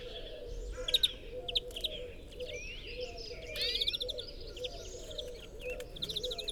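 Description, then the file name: European greenfinch song: bursts of quick chirpy trills and twittering notes, some sweeping, scattered throughout. "Chloris chloris"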